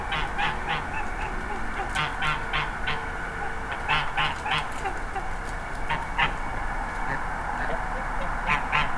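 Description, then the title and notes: Goose: geese honking almost continuously: rapid, nasal, repeated calls in several overlapping bursts over a low steady rumble. Geese eating a midnight snack at Kalkovenstraat, Mechelen, Belgium, while a train passes; recorded with a Zoom H4n Pro. "Kalkovenstraat, 2800 Mechelen, België - Ganzen. Geese eating midnight snack, train passing"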